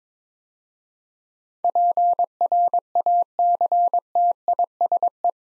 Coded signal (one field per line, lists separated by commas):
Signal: Morse code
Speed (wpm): 22 wpm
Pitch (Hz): 700 Hz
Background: none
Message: PRACTISE